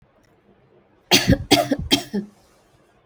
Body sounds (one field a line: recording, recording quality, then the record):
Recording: shallow voluntary cough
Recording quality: excellent, no background noise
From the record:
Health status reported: healthy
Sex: female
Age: 28 years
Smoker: yes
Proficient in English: yes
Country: India